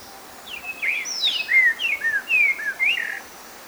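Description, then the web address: Streaked saltator singing a brisk series of bright whistled notes, sliding up and down, in one phrase of about two and a half seconds. Ecuador. "S America Birds of Ecuador. Streaked Saltator"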